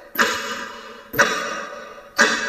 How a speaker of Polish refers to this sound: To tykanie takie złowróżne. Realizator dźwięku tutaj jakiś.